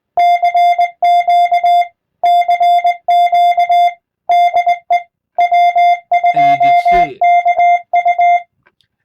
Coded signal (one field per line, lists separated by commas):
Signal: Morse code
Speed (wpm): 20 wpm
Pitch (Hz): 700 Hz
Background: music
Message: CQ CQ DE W2KU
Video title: LEARN CW WITH VBAND / USE VBAND FOR CW / CW PRACTICE